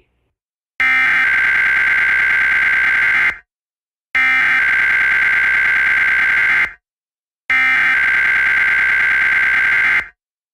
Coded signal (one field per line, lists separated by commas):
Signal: Emergency Alert System (SAME) tones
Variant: header bursts